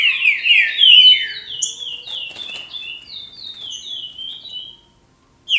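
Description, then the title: Green-winged saltator song: a strong opening of slurred whistles, then a run of even, descending whistled notes fading out, a final burst at the end. "Trinca Ferro"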